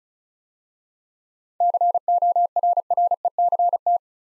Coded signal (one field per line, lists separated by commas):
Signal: Morse code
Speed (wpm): 36 wpm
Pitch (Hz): 700 Hz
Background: none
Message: CORRECT